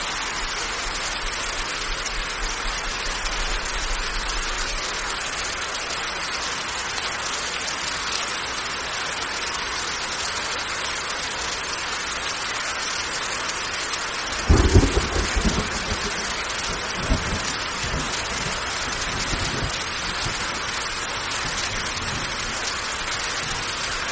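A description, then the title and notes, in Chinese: Heavy rain pours down steadily in a forest, a dense, even hiss that stays constant throughout. Around the fifteen-second mark a low rumble of thunder breaks in briefly, with a fainter thump near seventeen seconds before the rain carries on alone. 助眠雷雨声：森林大雨。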